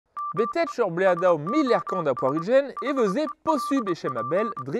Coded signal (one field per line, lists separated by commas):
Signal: Morse code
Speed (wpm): 24 wpm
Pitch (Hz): 1180 Hz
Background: speech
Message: ME SOS HELP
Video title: Ar skingehenterezh gant Camille Papin Tissot 📻 / 📞 La télégraphie sans fil - An Istor Livet